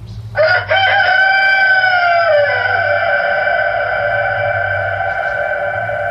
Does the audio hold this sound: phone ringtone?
no